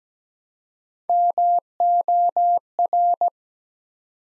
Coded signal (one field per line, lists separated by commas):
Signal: Morse code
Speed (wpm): 17 wpm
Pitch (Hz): 700 Hz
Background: none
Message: MOR